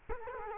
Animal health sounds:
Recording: mosquito wingbeat signal from an infrared sensor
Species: Culex quinquefasciatus

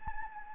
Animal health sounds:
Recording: mosquito wingbeat signal from an infrared sensor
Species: Anopheles gambiae

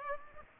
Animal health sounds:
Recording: mosquito wingbeat signal from an infrared sensor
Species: Aedes aegypti

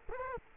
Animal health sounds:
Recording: mosquito wingbeat signal from an infrared sensor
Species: Culex quinquefasciatus

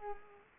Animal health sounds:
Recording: mosquito wingbeat signal from an infrared sensor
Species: Culex pipiens

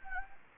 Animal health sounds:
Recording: mosquito wingbeat signal from an infrared sensor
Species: Anopheles gambiae

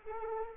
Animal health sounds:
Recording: mosquito wingbeat signal from an infrared sensor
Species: Anopheles arabiensis

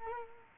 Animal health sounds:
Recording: mosquito wingbeat signal from an infrared sensor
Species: Culex quinquefasciatus

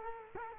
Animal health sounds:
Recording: mosquito wingbeat signal from an infrared sensor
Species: Culex quinquefasciatus

